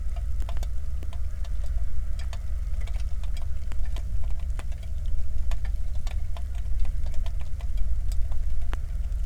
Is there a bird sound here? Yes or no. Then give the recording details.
yes. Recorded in the Prudhoe Bay oil fields, Alaska, on 1 August 2019 at 02:01. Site 25